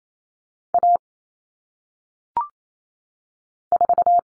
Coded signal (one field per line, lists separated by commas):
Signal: Morse code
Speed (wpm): 28 wpm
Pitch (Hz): 700 Hz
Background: none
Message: A 4